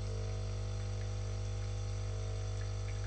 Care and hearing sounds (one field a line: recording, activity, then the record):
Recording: daily activity, microphone in the room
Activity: make coffee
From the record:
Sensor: 4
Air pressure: 1002.9 hPa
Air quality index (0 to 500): 249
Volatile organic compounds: 20 ppm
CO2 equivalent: 2697 ppm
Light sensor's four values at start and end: 4/10/4/4 and 4/10/4/4